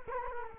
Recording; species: mosquito wingbeat signal from an infrared sensor; Culex quinquefasciatus